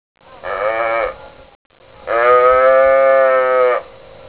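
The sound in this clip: Cow mooing twice: a short harmonic moo, a brief pause, then a longer, steady, drawn-out moo.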